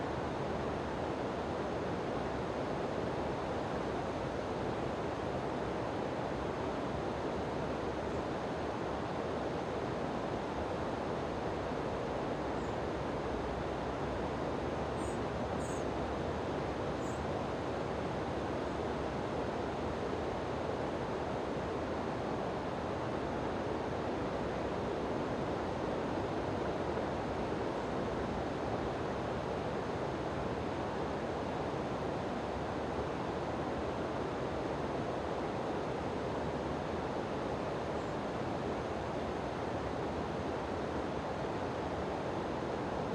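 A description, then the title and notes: A waterfall roars in a thick, unbroken rush of falling water that holds an even level throughout. The sound is full and weighted toward its deep, heavy middle, with a softer hiss above. A few faint, tiny ticks surface around the middle. Peaceful Waterfall Sounds. The sound of a waterfall is very peaceful and ambient.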